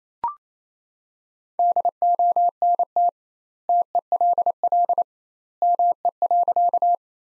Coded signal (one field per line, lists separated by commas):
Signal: Morse code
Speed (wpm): 28 wpm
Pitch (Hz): 700 Hz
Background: none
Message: DONT TELL ME.